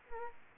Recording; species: mosquito wingbeat signal from an infrared sensor; Culex quinquefasciatus